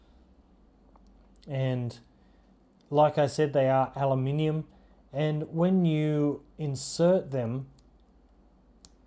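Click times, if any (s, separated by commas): 8.8 s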